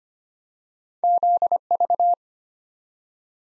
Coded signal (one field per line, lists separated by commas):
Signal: Morse code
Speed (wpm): 25 wpm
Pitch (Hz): 700 Hz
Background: none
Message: ZV